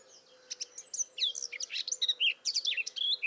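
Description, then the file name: Eurasian blackcap warbling song of irregular high whistled and twittering notes over about three seconds. "Sylvia atricapilla"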